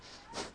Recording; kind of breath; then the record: one breath in and out by a microphone near the nose and mouth; strong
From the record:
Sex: male